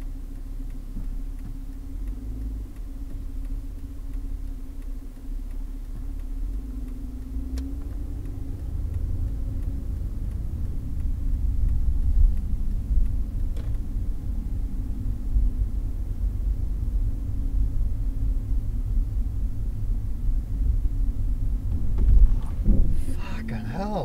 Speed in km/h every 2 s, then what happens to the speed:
0, 0, 0, 10, 19, 22, 24, 30, 32, 30, 30, 8.
0-4 standing. 4-15 pulls away to 32. 15-20 steady at about 30. 20-24 brakes to 8.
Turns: none.